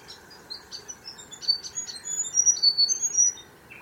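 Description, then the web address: Bird giving rapid high thin chips and short whistled notes over a steady background hum. Unknown species calling in mangroves. "Sound Effects-Foundation 1 BIRD UNKNOWN MAGROVES"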